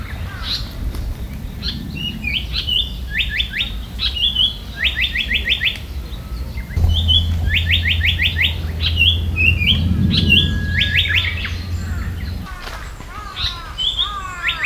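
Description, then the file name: Black paradise flycatcher singing: short whistled introductory notes, then rapid series of five or six falling notes, repeated several times over a steady low rumble. "sankoutyou"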